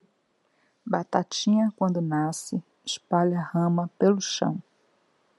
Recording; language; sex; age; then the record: short text; Brazilian Portuguese; female; 60 to 69 years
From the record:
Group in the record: control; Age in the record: 62 years